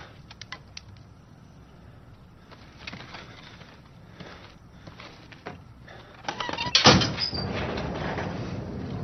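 A heavy main door is opened: scattered mechanical clicks and creaks build up, then a loud grinding burst gives way to a steady, rushing rumble as it slides open.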